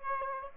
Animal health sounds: mosquito wingbeat signal from an infrared sensor; Aedes aegypti

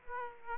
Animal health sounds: mosquito wingbeat signal from an infrared sensor; Aedes aegypti

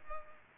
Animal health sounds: mosquito wingbeat signal from an infrared sensor; Culex pipiens

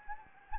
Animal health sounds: mosquito wingbeat signal from an infrared sensor; Anopheles gambiae

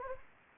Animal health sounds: mosquito wingbeat signal from an infrared sensor; Anopheles gambiae

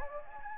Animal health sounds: mosquito wingbeat signal from an infrared sensor; Anopheles gambiae

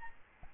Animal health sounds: mosquito wingbeat signal from an infrared sensor; Aedes albopictus

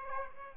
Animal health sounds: mosquito wingbeat signal from an infrared sensor; Aedes aegypti

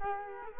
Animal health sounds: mosquito wingbeat signal from an infrared sensor; Culex quinquefasciatus

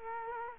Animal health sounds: mosquito wingbeat signal from an infrared sensor; Culex quinquefasciatus

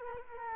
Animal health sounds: mosquito wingbeat signal from an infrared sensor; Culex quinquefasciatus

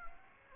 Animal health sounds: mosquito wingbeat signal from an infrared sensor; Aedes aegypti

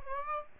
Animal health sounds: mosquito wingbeat signal from an infrared sensor; Aedes aegypti

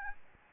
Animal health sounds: mosquito wingbeat signal from an infrared sensor; Aedes albopictus

